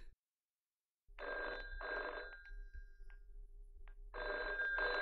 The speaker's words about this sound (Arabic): ده التليفون بيضرب. لما اروح اشوف مين